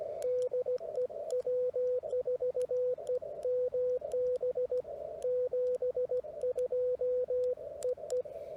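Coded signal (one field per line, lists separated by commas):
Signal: Morse code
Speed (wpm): 17 wpm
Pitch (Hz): 500 Hz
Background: radio noise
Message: DE W4EMB 72 EE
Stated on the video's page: Parks on the Air CW activation, used as copying practice.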